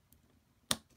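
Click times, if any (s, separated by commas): 0.7 s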